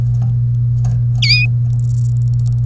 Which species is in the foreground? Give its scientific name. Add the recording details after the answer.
Serinus canaria. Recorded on 30 April 2018 at 12:55. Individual llb3